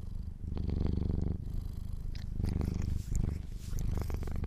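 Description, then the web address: Domestic cat purr, a loud low pulsing rumble in short breathing phrases, with light rustling. Kittens purring. "sleepandrelaxasmr - The Purring Kittens"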